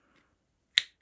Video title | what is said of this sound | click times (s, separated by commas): Avail CDX340EX Cardinal Reel Spool | and it just snaps right in | 0.8 s